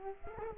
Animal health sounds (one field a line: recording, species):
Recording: mosquito wingbeat signal from an infrared sensor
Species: Culex quinquefasciatus